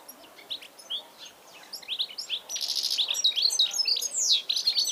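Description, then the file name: European goldfinch calls, scattered chirps at first, then a brisk stream of tinkling twitters and short buzzy trills. "Carduelis carduelis"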